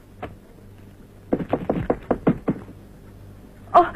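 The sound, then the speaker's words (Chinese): A quick run of about eight sharp knocks on a door, evenly spaced, after a single lone tap, followed by a louder thump with a brief ringing edge at the end. “我跟你说过多少次了，进来以前先要敲门。”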